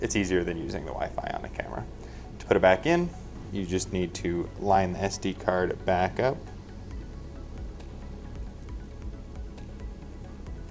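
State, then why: Not seated. A microSD card is being lined up with the camera's card slot on a Marten inspection crawler robot while someone talks over background music. Faint handling sounds follow, including brief sharp ticks around 6.9 and 8.7 seconds. The card has not clicked or seated in the slot yet.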